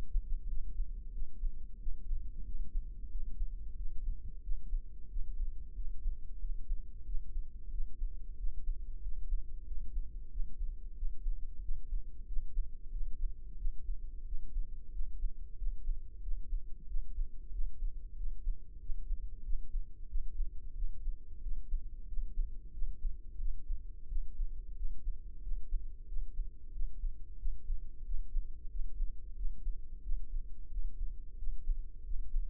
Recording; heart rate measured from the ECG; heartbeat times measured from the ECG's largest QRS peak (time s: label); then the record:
heart sounds by microphone in the left ear; 91 bpm
0.50 s: heartbeat
1.15 s: heartbeat
1.82 s: heartbeat
2.47 s: heartbeat
3.13 s: heartbeat
3.78 s: heartbeat
4.45 s: heartbeat
5.12 s: heartbeat
5.78 s: heartbeat
6.42 s: heartbeat
7.08 s: heartbeat
7.73 s: heartbeat
8.39 s: heartbeat
9.04 s: heartbeat
9.68 s: heartbeat
10.33 s: heartbeat
10.98 s: heartbeat
11.64 s: heartbeat
12.29 s: heartbeat
12.94 s: heartbeat
13.60 s: heartbeat
14.28 s: heartbeat
14.94 s: heartbeat
15.60 s: heartbeat
16.25 s: heartbeat
16.90 s: heartbeat
17.54 s: heartbeat
18.19 s: heartbeat
18.82 s: heartbeat
19.46 s: heartbeat
20.11 s: heartbeat
20.78 s: heartbeat
21.44 s: heartbeat
22.09 s: heartbeat
22.75 s: heartbeat
23.41 s: heartbeat
24.11 s: heartbeat
24.78 s: heartbeat
25.45 s: heartbeat
26.10 s: heartbeat
26.75 s: heartbeat
27.41 s: heartbeat
28.07 s: heartbeat
28.72 s: heartbeat
29.38 s: heartbeat
30.05 s: heartbeat
30.73 s: heartbeat
31.40 s: heartbeat
32.07 s: heartbeat
From the record:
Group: healthy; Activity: rest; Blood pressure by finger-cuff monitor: 139/76 mmHg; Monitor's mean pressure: 93 mmHg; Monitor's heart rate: 91 bpm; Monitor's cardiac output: 7.8 L/min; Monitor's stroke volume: 85 mL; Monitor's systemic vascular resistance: 890 dyn s/cm5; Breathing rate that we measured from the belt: 19 breaths a minute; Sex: male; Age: 21 years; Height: 175 cm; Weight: 72.6 kg